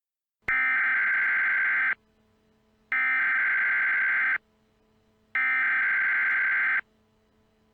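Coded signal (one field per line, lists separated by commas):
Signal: Emergency Alert System (SAME) tones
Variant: header bursts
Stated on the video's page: Fictional EAS scenario, not a real alert.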